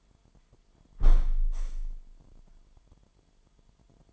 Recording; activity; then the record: daily activity, microphone in the room; close window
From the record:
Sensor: 5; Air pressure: 998.2 hPa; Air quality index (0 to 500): 90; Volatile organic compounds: 2 ppm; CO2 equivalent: 1025 ppm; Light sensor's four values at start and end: 20/48/20/22 and 20/48/20/22